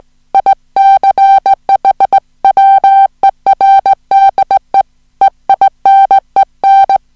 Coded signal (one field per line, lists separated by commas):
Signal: Morse code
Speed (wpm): 18 wpm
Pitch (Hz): 780 Hz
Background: music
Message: ICH WERDE EINEN